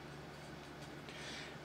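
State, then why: Not seated. Someone tries to fit the plastic ratchet pawl into the 3D printed windup gear mechanism of a toy robot, but it fails to lock because they are watching the camera screen instead of their hands. Only a faint, steady low rumble and hiss is heard, with a brief rise in noise at about 1.1 s, and nothing has clicked or locked yet.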